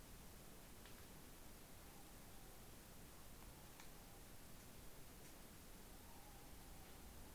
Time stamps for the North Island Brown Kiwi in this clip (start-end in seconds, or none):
none